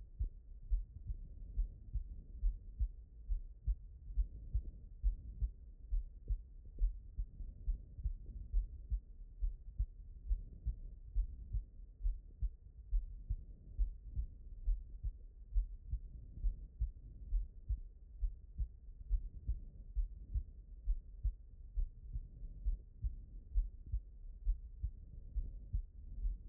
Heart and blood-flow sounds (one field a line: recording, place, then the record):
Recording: heart sounds by stethoscope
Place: aortic valve (AV)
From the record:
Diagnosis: non-HFrEF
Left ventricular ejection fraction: 56%